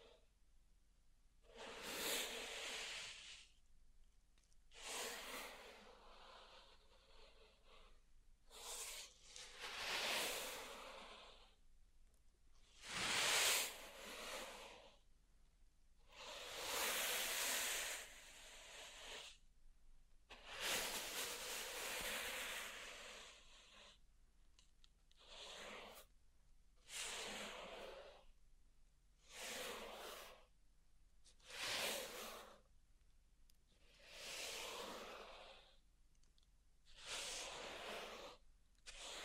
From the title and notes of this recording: ASMR Relaxing Pink Salt Zen Garden Triggers (No Talking).